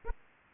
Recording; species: mosquito wingbeat signal from an infrared sensor; Aedes aegypti